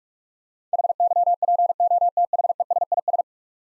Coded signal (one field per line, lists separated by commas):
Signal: Morse code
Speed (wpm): 41 wpm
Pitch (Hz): 700 Hz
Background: none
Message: HYPOTHESIS